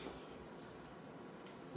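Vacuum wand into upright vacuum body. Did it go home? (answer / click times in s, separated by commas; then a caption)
no / none. A plastic vacuum wand is slid and lined up with the body of a Shark PowerDetect Upright (AZ4000) vacuum before being pushed home. Only a quiet, steady sliding hiss with faint friction is heard for about 1.8 seconds, with no hits. Nothing has seated or clicked yet.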